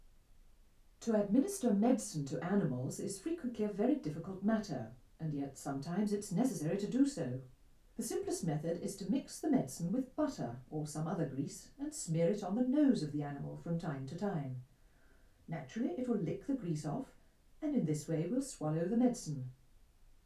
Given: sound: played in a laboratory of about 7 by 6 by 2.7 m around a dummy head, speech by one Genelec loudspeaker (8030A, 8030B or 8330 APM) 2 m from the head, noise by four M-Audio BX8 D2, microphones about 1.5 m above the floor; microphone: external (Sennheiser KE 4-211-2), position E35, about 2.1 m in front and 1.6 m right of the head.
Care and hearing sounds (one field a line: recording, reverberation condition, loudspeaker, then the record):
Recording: female speech in English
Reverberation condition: low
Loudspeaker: 30 degrees to the left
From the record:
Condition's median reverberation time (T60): about 310 ms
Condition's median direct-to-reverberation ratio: about 3.5 dB